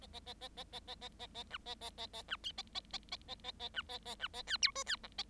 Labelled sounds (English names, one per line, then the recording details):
Bengalese Finch song
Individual Bird7